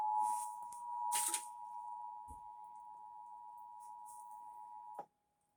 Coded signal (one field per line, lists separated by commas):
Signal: Emergency Alert System (SAME) tones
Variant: 853 and 960 Hz attention tone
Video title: Severe Thunderstorm Warning EAS#118